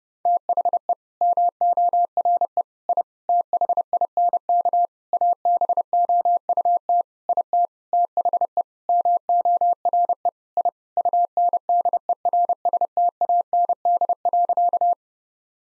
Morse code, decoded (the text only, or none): THE MORE I THINK ABOUT IT THE MORE I UNDERSTAND.